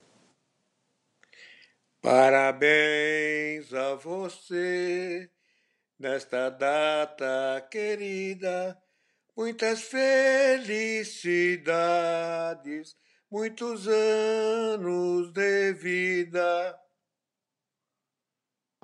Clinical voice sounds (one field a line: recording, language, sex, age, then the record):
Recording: short text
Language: Brazilian Portuguese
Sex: male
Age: 70 to 79 years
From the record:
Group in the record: control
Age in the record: 76 years